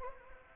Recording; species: mosquito wingbeat signal from an infrared sensor; Anopheles gambiae